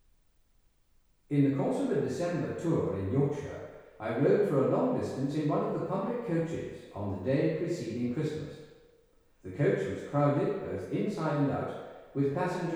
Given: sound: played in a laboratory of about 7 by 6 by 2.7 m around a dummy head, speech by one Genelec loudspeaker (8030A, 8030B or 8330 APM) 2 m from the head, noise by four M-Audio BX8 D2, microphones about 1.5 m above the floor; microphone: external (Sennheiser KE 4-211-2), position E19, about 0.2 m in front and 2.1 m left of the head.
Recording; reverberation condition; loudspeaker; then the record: male speech in English; high; 120 degrees to the left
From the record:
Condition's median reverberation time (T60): about 1300 ms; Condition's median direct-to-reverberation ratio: about -4.0 dB